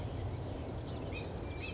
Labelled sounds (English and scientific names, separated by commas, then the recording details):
Western Flycatcher (Empidonax difficilis)
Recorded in Sonoma County, California